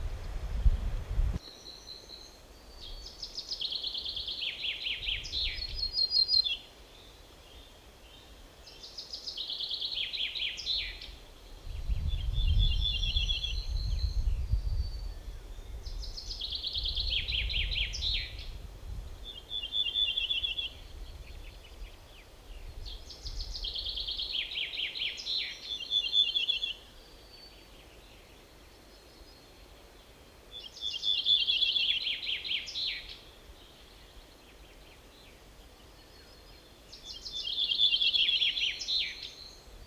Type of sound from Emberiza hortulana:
song